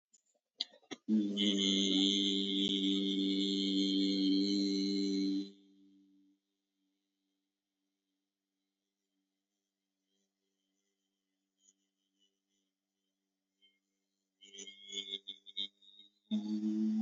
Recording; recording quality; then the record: sustained vowel as in beet; excellent, no background noise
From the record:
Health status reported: healthy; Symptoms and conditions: none ticked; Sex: male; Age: 22 years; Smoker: not ticked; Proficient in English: yes